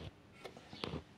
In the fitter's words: ωραία κούμπωσε